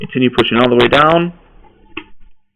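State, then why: Seated. Someone talks while pushing the plastic body section of a Concept Camaro Bumblebee Transformers deluxe class toy robot all the way down into its locked position. A single sharp snap is heard at 2.0 s as the section clicks into place and seats.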